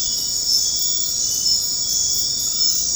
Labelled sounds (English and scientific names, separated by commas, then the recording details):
none
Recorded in dense forest near Puerto Asís, Putumayo, Colombia, on 4 March 2025 at 21:30
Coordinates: 0.500, -76.322
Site GP06